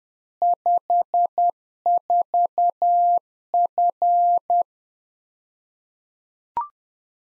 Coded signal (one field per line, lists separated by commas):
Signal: Morse code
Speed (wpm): 10 wpm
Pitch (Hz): 700 Hz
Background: none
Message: 54F